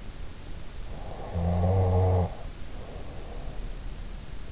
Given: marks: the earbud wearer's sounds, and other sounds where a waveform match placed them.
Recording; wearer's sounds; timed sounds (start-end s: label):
sounds in sleep by an in-ear microphone; snoring breath
0.88-3.65 s: snoring breath